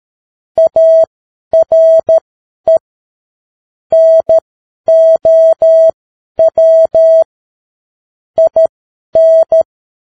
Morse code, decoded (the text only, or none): ARE NOW IN